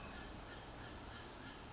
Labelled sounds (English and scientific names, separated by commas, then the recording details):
Pacific Wren (Troglodytes pacificus)
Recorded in Sonoma County, California